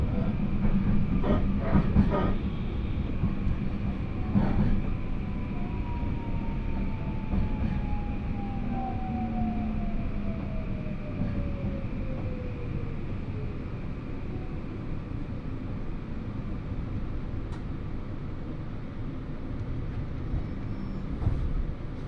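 A ride on the Hōhi Main Line train from Shin-Suizenji toward Higo-Ōzu, with a steady low rumble of the moving carriage throughout. A long falling whine glides down from about 2 to 13 seconds, and brief clunks and rattles come near the start, around 4 seconds, and near the end.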